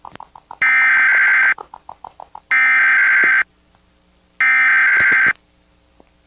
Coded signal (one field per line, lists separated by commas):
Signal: Emergency Alert System (SAME) tones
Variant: header bursts